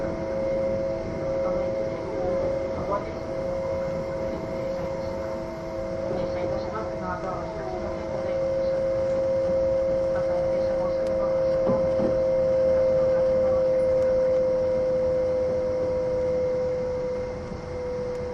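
A recording from aboard the E261 series Saphir Odoriko No. 1 train. A steady rumble runs throughout, with a constant mid-pitched whine and fainter higher tones. Voices murmur through the first half, and the level stays even across the whole clip.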